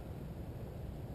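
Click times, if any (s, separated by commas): none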